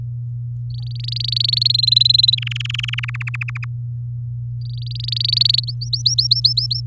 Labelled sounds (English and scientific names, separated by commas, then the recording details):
Domestic Canary (Serinus canaria) song
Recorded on 4 May 2018 at 05:54
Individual llb16